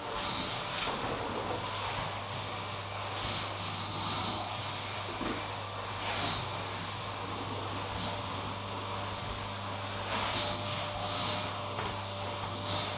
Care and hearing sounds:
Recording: daily activity, microphone in the room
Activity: vacuum cleaning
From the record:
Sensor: 1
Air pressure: 988.7 hPa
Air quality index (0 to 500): 198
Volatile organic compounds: 986 ppm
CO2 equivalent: 5282 ppm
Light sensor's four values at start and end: 22/81/31/32 and 22/85/32/33

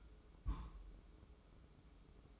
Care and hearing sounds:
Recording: daily activity, microphone in the room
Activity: place on stove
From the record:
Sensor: 1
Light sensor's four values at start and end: 29/101/38/40 and 29/101/38/40

